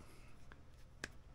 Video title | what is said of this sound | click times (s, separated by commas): Unboxing Insta360 GO 3 128GB Its on Fire. Disappointed in one the Items That came in the Box. | yeah clicked | 1.0 s